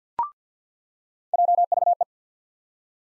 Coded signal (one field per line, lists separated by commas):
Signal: Morse code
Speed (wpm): 46 wpm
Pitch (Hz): 700 Hz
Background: none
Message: JVE